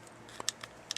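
Pressing the magazine release button on a Ruger Mark III 22/45 Hunter pistol unlatches the steel magazine in the grip's magazine well with a sharp click at 0.5 s, among several other faint, brief clicks. The magazine does not drop free and stays in the grip, so it has to be plucked out by hand.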